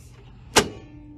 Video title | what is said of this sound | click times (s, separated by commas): Dell RAM troubleshoot | close it and make pressure here until you hear that click | 0.6 s